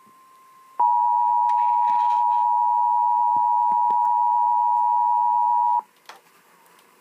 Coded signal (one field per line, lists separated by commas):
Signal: Emergency Alert System (SAME) tones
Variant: 853 and 960 Hz attention tone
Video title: The Same EAS 375 on WAHC-PGH